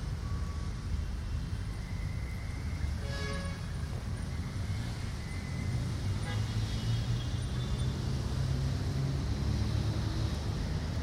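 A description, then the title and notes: Moderate traffic at Plaza Miguel Grau, a steady low rumble of engines filling the whole clip. Brief squeaks and chirps break through around three seconds and again near six, and a deeper engine drone swells over the last five seconds. Traffic At Plaza Miguel Grau (August 20th 2023, Lima, Perú). Moderate traffic At Plaza Miguel Grau.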